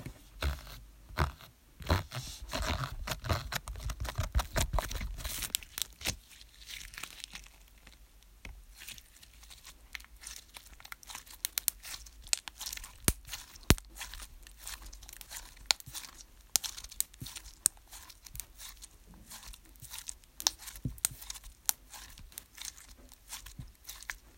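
Slime ASMR: a dense run of wet clicks, crackles and crinkly snaps fills the whole clip. The first six seconds are busier and fuller, with a low rumble underneath, then the sound thins to sharper, scattered pops and squelches that keep coming at an irregular pace.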